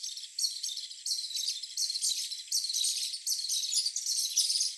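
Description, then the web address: House martin twittering song, a dense run of dry, scratchy chirps and rapid trills that continues almost without a break, in bursts well under a second apart. "cantos martinpio"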